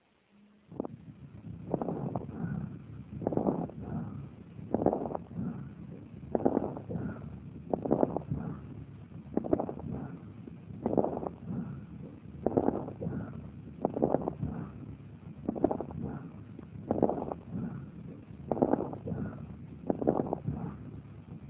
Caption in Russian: Развившимся в результате частого профессионального контакта с органической пылью. Ослабленного дыхания и громкой крепитации. Затем над поверхностью левого легкого.